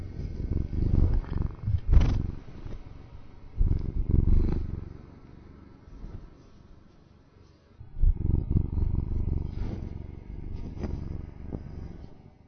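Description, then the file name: Tabby cat purring, a deep throbbing rumble that swells and fades in waves, louder and softer. "torre tabby cat purr"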